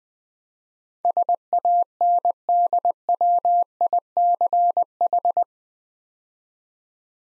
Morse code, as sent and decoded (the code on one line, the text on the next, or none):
... .- -. -.. .-- .. -.-. ....
SANDWICH